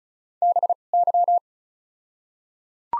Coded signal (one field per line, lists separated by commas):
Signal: Morse code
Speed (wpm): 36 wpm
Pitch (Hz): 700 Hz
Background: none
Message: BY